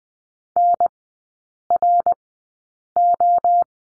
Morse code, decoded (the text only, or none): NRO